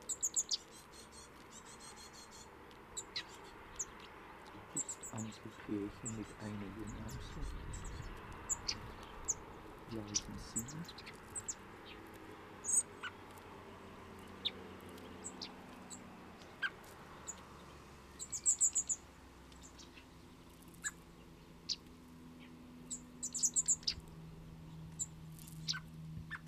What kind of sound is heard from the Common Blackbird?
call